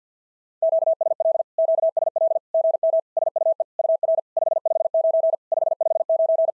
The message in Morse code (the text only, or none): QSL QSL GM SUE UR 559 559